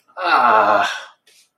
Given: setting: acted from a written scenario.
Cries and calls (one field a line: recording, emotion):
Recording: vocal sound without words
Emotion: disappointment